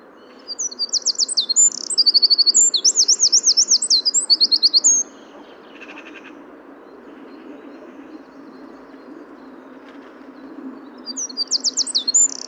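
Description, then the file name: Eurasian wren song: a loud, rapid high trill with whistled notes runs about four seconds. Quiet hiss follows, then the trill starts again at the end. "Troglodytes troglodytes"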